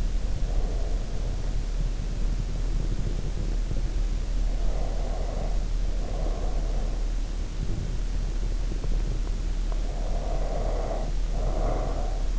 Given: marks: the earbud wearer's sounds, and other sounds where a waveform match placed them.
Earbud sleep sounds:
sounds in sleep by an in-ear microphone; breath
0.00-1.72 s: breath
4.48-7.33 s: breath
9.61-12.39 s: breath

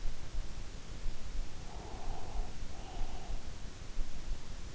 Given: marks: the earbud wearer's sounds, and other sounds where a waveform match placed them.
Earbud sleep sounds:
sounds in sleep by an in-ear microphone; breath
1.58-3.46 s: breath

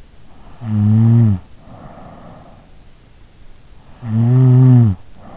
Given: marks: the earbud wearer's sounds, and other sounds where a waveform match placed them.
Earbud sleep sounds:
sounds in sleep by an in-ear microphone; snoring breath
0.35-2.85 s: snoring breath
3.58-5.17 s: snoring breath

